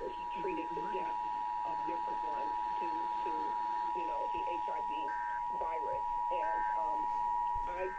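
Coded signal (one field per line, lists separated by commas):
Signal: Emergency Alert System (SAME) tones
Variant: 853 and 960 Hz attention tone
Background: speech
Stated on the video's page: Georgia Required Monthly Tests received via several FM broadcast stations.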